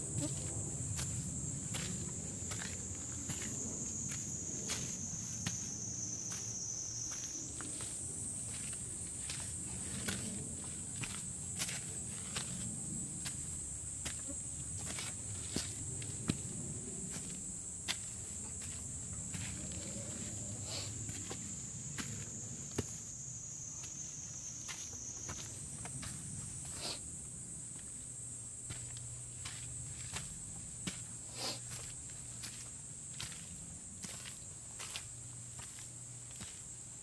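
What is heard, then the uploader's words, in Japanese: Walking on a summer mountain trail, footsteps crunch at a steady pace throughout. A constant high insect buzz fills the background, its pitch stepping up at around 7 and 25 seconds, over a soft low rumble of wind. 環境音 夏山を歩く。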